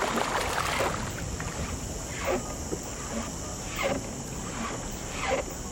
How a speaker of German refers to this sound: Die Silhouette eines Kanus schält sich aus der Nacht. Ich drücke dem Fährmann eine Münze in die Hand. Dann legen wir ab. Mit ruhigen Bewegungen teilt das Ruder das Wasser.